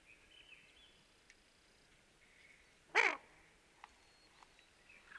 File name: Golosa ptic - Islandskij gogol Bucephala islandica